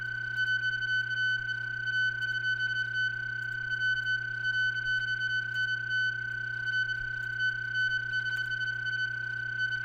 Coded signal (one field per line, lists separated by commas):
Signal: PSK31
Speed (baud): 31.25 baud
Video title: Modulated Light PSK: Part 3